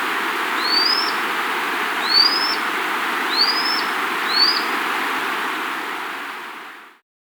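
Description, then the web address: Lanceolated monklet giving thin, high, upslurred whistles, four in a row, over steady broad hiss. Andes, South America. "Natures Songs S America Andean Birds. Lanceolated Monklet (Micromonacha Lanceolata)"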